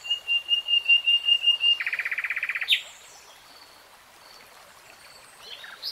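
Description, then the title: Nightingale song: a string of clear whistled notes on one pitch, then a fast buzzy trill, followed by quieter high chirps. Real-time recording of a nightingale singing. "[Tiếng chim hót] 3 Hours REALTIME Nightingale Singing"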